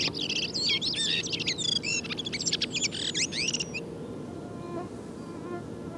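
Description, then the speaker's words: Redwing song: a fast string of high chirps and trills lasting nearly four seconds, then only faint background hum and bird notes. Singing style varies between localities as dialects; the same individual always sings the same way; style is learned; birds of one area sing alike; this singer differs from the earlier ones. "Kuuntelemme vielä paria muuta kahdesta aikaisemmasta poikkeavaa laulajaa."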